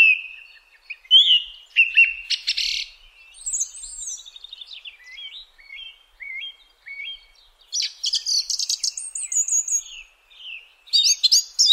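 Song thrush singing varied, clear, high phrases: whistled slurs, short repeated notes and rapid chattering bursts with brief pauses between them.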